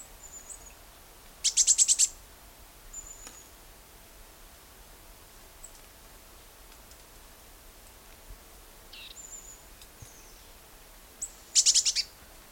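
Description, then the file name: Eurasian blue tit giving two short bursts of rapid, high scratchy chirps about ten seconds apart, with a few thin high notes in between over quiet background hiss. "Cyanistes caeruleus"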